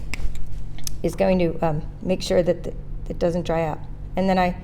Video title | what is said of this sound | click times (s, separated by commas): Brother ScanNCut Tutorial - Cutting Stamped Images - Over the Moon - Stampin’ Up! 2019-2020 Catalog | on but you can want to hear that snap sound because the snap is | 0.1 s, 0.9 s